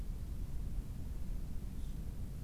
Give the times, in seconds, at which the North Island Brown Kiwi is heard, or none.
none